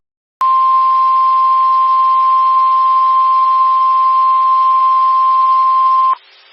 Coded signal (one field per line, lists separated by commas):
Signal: Emergency Alert System (SAME) tones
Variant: 1050 Hz attention tone